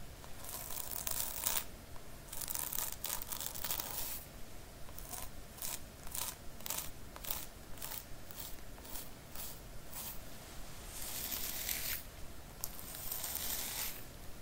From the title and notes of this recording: The Most Relaxing Hairline Treatment ASMR scalp massage, scratching, brushing.